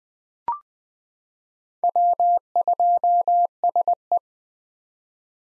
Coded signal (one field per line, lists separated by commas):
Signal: Morse code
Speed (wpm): 20 wpm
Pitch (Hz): 700 Hz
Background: none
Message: W2SE